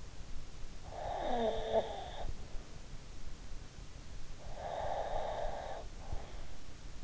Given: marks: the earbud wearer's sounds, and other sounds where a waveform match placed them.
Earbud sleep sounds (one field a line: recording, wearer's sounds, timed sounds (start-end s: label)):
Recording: sounds in sleep by an in-ear microphone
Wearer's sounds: snoring breath, breath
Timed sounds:
0.87-2.28 s: snoring breath
4.39-6.28 s: breath